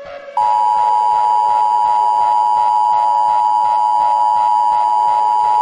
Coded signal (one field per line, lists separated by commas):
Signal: Emergency Alert System (SAME) tones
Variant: 853 and 960 Hz attention tone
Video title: Multiversal Emergency Broadcast System